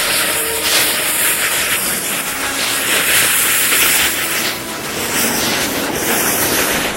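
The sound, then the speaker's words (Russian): A freight train rumbles past at Losino-Ostrovskaya railway station in a steady, loud roar, with broad hissing noise and faint rattling of wagons throughout, no voices. “Присматривается к проходящему мимо товарному поезду.”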